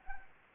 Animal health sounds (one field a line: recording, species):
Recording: mosquito wingbeat signal from an infrared sensor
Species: Anopheles gambiae